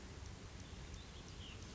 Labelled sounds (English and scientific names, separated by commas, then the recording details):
White-breasted Nuthatch (Sitta carolinensis)
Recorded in Sonoma County, California